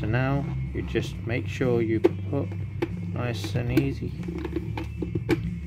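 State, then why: Seated. Someone talks while the lever side of the plastic inner sun visor on an LS2 Valiant 2 helmet is eased into its mount in the helmet shell. A short click sounds at 5.3 s, and the visor is seated on that side.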